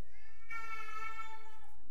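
A little baby's single sustained, high-pitched cry, heard during a church sermon.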